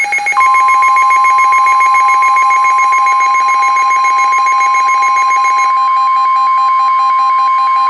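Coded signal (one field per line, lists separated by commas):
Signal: Emergency Alert System (SAME) tones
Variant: 1050 Hz attention tone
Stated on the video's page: EAS tones of a severe thunderstorm warning from NOAA Weather Radio station KEC56.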